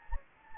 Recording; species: mosquito wingbeat signal from an infrared sensor; Anopheles gambiae